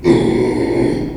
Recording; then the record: squeal of a Yucatan mini pig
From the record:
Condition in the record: after surgery on the right vocal fold (resection and tissue-engineered implant); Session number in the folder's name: 2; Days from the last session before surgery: 13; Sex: male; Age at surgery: 12 weeks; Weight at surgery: 13 kg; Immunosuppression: cyclosporine, prednisolone